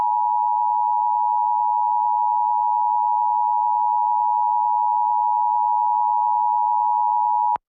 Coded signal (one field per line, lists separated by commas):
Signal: Emergency Alert System (SAME) tones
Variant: 853 and 960 Hz attention tone